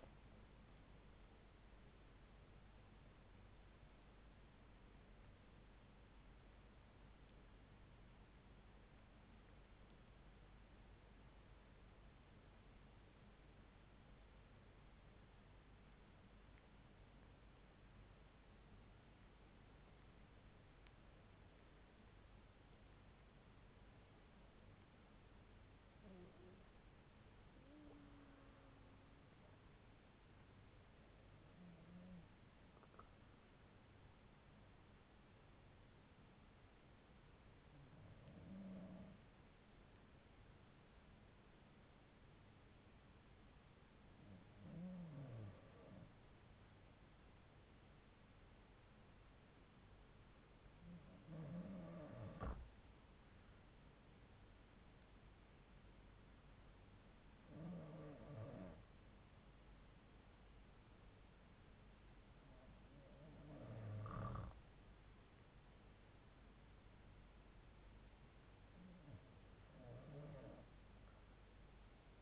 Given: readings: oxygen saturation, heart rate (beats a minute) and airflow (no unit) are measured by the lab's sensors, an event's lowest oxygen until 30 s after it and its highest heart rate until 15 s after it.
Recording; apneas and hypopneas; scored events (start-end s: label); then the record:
breathing in sleep by a voice recorder at the bedside; 2
9.00-27.60 s: hypopnea (N1, oxygen 88% highest, then 88% lowest)
35.00-64.30 s: hypopnea (N1, oxygen 95% highest, then 91% lowest)
From the record:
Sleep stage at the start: N1 (lightest sleep); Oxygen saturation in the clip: 74 to 95%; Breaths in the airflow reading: 10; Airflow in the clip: -11.5 to 9.8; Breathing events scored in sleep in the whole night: 368 in 8.0 hours asleep